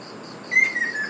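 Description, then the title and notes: Ruddy kingfisher call: a sharp whistled note followed by stepped, downward-sliding notes, with faint insect chirping in the background. Recorded on Iriomote Island, Okinawa, Japan. "赤翡翠 - Ruddy Kingfisher. Recorded in Iriomote Island Okinawa Japan"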